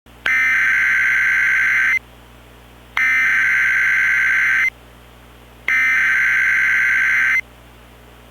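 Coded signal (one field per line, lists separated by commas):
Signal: Emergency Alert System (SAME) tones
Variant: header bursts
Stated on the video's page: Fictional EAS scenario alert about soup contamination, with alerts from made-up agencies.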